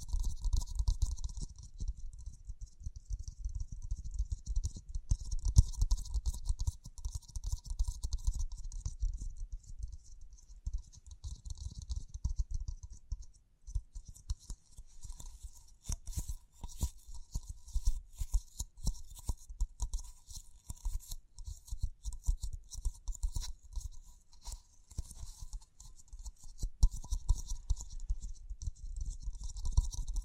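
Continuous close brushing and scratching with dense rustly crinkles and quick tapping clicks, a low rumble underneath, busiest around the middle.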